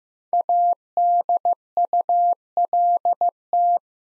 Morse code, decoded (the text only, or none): ADULT